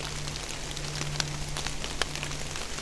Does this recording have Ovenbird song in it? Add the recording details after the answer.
no. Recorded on 24 June 2016 at 07:21. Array SBT-6-76